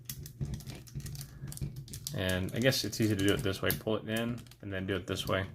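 A rotated body piece of a FansToys FT-30B Iceman plastic and die-cast transforming robot toy is handled and pulled inward toward the torso during transformation while someone talks. Light plastic handling ticks and clicks are heard in the first two seconds. The clip ends before the piece snaps into place; nothing has seated or clicked yet.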